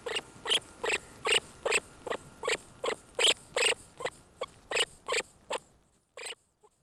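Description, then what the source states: Norway lemming squeaks, a rapid run of many harsh bursts, then a pause and one final squeak before falling quiet. On the bank of the Juutuanjoki river in Inari, Finland, during the August 2011 lemming migration.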